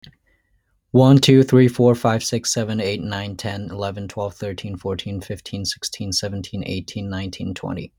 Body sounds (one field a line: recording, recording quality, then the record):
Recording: counting at a fast pace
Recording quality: excellent, no background noise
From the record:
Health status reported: healthy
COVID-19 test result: negative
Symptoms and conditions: none ticked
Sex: male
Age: 29 years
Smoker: not ticked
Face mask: not worn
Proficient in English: yes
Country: United States